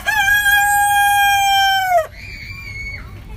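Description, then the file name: Chicken: rooster crowing: one long, loud, even note held for about two seconds, ending with a sudden drop, then a quieter, higher trailing sound. Male (rooster). "Rooster"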